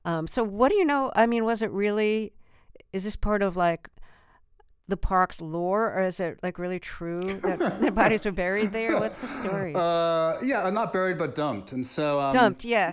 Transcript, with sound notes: So what do you know - I mean, was it really - is this part of, like, the park's lore? Or is it, like, really true... (Laughter) ...That bodies were buried there? What's the story?
Yeah. Not buried but dumped - and so...
Dumped, yes.